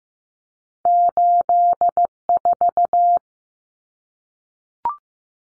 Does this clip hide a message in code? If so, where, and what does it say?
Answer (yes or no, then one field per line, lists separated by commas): yes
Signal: Morse code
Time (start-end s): 0.9-3.2 s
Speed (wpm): 15 wpm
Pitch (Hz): 700 Hz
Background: none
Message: 84